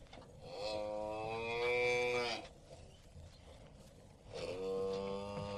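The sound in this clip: Cow lowing in a long, harmonic moo that rises slightly and fades after two seconds; a second moo begins after a pause, with a steady background hiss.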